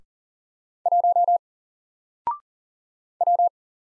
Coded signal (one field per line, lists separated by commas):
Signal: Morse code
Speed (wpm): 40 wpm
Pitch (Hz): 700 Hz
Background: none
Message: 1 W